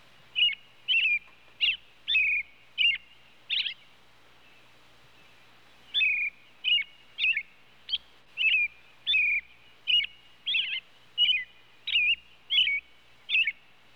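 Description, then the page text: Robin giving brisk chirped call notes, a short run of six, a two-second pause, then a steady series of over a dozen more. "Robin Bird Calls. Quick Sounds"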